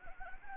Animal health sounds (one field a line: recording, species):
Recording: mosquito wingbeat signal from an infrared sensor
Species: Anopheles gambiae